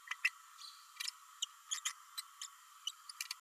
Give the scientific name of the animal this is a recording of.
Forpus passerinus